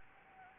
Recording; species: mosquito wingbeat signal from an infrared sensor; Anopheles gambiae